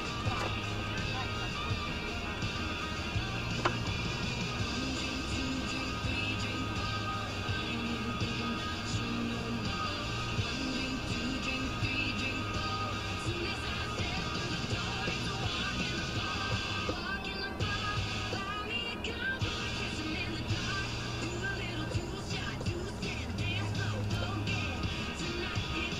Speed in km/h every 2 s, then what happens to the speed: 0, 0, 0, 0, 0, 0, 0, 0, 0, 0, 0, 0, 0.
0-26 standing.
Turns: none.